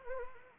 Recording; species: mosquito wingbeat signal from an infrared sensor; Anopheles arabiensis